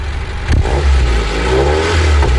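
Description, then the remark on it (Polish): A carbureted 1.6-litre, about 70-horsepower car engine revs as throttle is applied, heard at the exhaust pipe with a deep, throaty exhaust roar, the low rumble swelling and holding steady with rising harmonic tones over about two seconds, no voices present. “Jeszcze chciałbym, żeby słuchacze również usłyszeli, jak brzmi rasowy gang wydechu tego silnika.”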